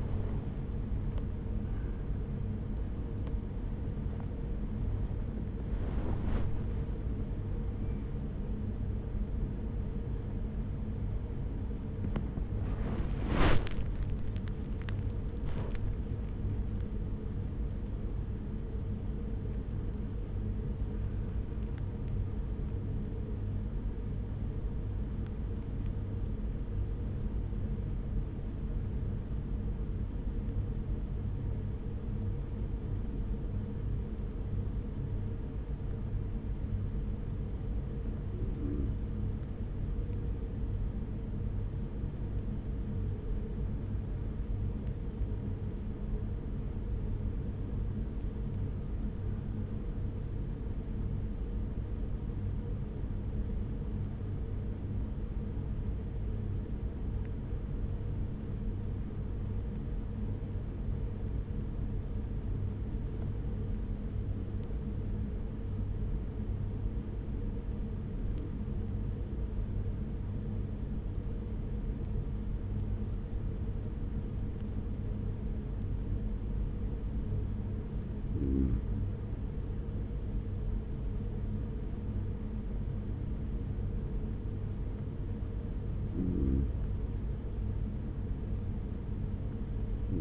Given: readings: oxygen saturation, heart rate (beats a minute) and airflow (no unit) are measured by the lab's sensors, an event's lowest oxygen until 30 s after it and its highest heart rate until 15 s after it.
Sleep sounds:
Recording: a person awake in a sleep study, by a smartphone at the bedside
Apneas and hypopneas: 1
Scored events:
0.00-79.00 s: awake
12.00-83.00 s: hypopnea (scored as awake, oxygen 97% highest, then 92% lowest, heart rate 68 at the start, 68 highest)
66.00-90.21 s: new sleep stage, N1 (lightest sleep)
From the record:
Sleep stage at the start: awake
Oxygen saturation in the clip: 93 to 97%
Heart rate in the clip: 37 to 71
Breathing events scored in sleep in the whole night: 210 in 6.9 hours asleep

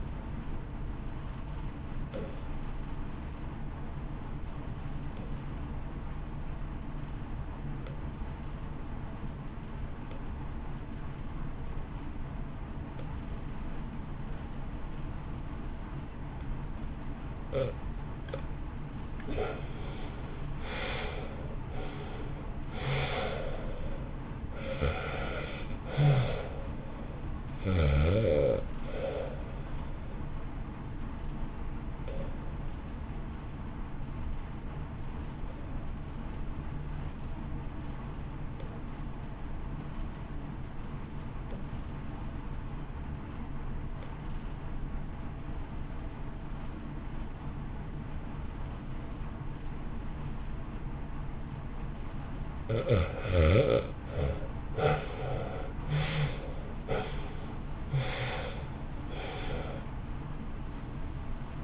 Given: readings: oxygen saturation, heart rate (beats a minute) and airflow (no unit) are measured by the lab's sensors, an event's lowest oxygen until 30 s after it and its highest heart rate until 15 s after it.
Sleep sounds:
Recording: breathing in sleep by a smartphone at the bedside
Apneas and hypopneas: 2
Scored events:
3.00-18.80 s: obstructive apnea (REM, oxygen 90% highest, then 67% lowest, heart rate 63 at the start, 71 highest)
32.00-52.70 s: obstructive apnea (REM, oxygen 86% highest, then 67% lowest, heart rate 58 at the start, 76 highest)
From the record:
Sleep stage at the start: REM sleep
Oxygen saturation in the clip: 67 to 93%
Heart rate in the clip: 51 to 71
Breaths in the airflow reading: 10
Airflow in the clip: -0.7 to 0.9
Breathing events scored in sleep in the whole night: 328 in 6.3 hours asleep

